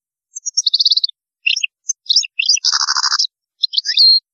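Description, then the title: European goldfinch twittering song with rapid trilled notes and a buzzy rattling section, lively and varied throughout. "Chant Chardonneret"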